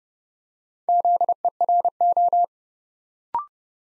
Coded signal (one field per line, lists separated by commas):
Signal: Morse code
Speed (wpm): 30 wpm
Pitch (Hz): 700 Hz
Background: none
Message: ZERO